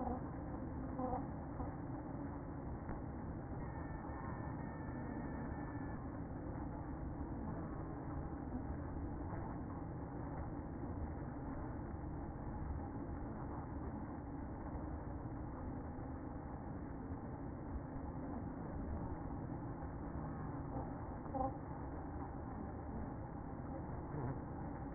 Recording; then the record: honeybee colony, microphone inside the hive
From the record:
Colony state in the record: queen present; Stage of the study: after two queens were removed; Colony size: about 60,000 bees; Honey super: yes